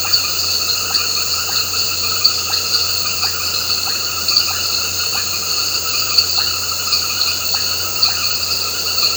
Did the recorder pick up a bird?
no